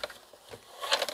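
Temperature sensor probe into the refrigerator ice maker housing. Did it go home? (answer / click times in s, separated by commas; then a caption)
no / none. A plastic temperature sensor probe is handled and pushed toward its holder in a Bosch refrigerator ice maker housing during reinstallation. Faint rustling and light taps are followed by a short cluster of sharp ticks near the end. Nothing has seated or clicked yet.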